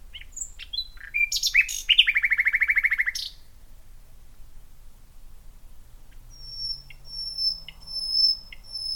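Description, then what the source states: Common Nightingale song opening with scattered high notes, then a fast chattering trill. This is followed by faint, long, thin whistles and soft clicks. Solo nightingale singing from the depths of some scrub at Knepp under a full moon.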